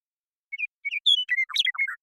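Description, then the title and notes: Western meadowlark song: a few clear, flute-like opening whistles, then a rapid, tumbling jumble of gurgling notes dropping and rising, ending in lower slurred whistles. Song of a bird recorded in the Pacific Northwest, Washington, United States; isolated and processed from the original with natural pace and rhythm kept. "BIRDSong Troupials And Allies - Western Meadowlark. Western Meadowlark, Sturnella neglecta, song, contact calls, and flush. Recorded in the beautiful Pacific Northwest in Washington, United States"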